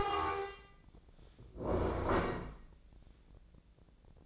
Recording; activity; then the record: daily activity, microphone in the room; stand up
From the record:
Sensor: 5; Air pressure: 1012.3 hPa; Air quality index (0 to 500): 149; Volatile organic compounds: 2 ppm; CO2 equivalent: 1026 ppm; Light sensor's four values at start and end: 281/673/287/320 and 283/677/289/322